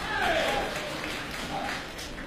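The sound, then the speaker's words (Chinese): Thin, scattered clapping from a live audience at a Spring Festival quyi (folk performing arts) show at the Huguang Guild Hall in Beijing, greeting the host, uneven and without a steady rhythm, holding at a moderate level throughout with murmured voices mixed in. “谢谢现场所有热情的观众，您这么稀稀拉拉的掌声，谢谢大家。”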